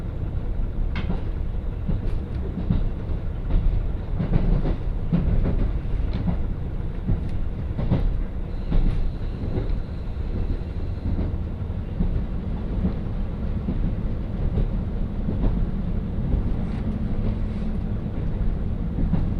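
A train ride on the Hakodate Main Line, heard as a steady, dense low rumble of the moving railcar. Short knocks and clacks from the wheels and track come often and irregularly throughout, and a faint high whine runs from about 8 to 11 seconds.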